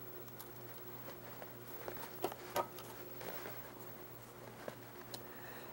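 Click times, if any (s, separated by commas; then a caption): none. A second BNC plug is pushed and twisted onto a BNC jack, giving only faint scrapes and soft taps over a steady low hum. The loudest are around 2.2 and 2.6 seconds. The plug goes on, but it gives no bite or snap, and nothing has clicked.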